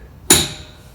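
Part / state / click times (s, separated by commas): click-type torque wrench on a bolt / torque reached / 0.3 s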